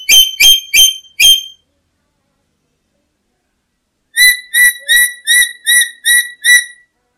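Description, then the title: Black-capped lory giving loud harmonic screeches, four quick ones, a pause of nearly three seconds, then a run of seven evenly spaced calls. "n0r1 kp4la-H1T4M. Nuri merah kepala hitam"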